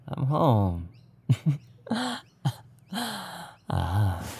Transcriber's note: chuckles